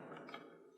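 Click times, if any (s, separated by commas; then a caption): 0.3 s. The body axis lock on a Zhiyun Crane M2 handheld camera stabilizer gimbal is turned to the left until it latches. Two short clicks sound at 0.3 s and 0.3 s, and the lock is seated in its locked position.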